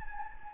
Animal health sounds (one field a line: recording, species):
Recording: mosquito wingbeat signal from an infrared sensor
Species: Anopheles gambiae